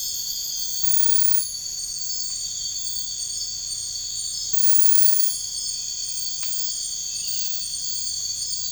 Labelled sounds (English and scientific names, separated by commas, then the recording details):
none
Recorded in dense forest near Puerto Asís, Putumayo, Colombia, on 13 March 2025 at 03:00
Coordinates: 0.484, -76.317
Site G064